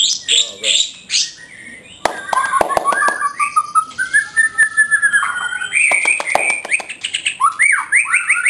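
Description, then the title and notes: White-rumped shama song: rapid chattering notes, sharp clicks, then a long sliding whistled phrase and quick rising and falling whistles. Song of the bird, offered as a master for training caged songbirds (masteran). "Suara Kicau Burung Murai Batu. burung murai buat masteran"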